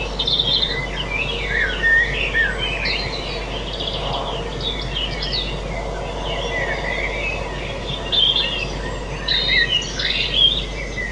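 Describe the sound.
Birds singing, several overlapping chirps and twittering phrases, continuous over a steady low hiss of background noise.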